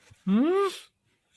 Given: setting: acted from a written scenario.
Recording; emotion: vocal sound without words; confusion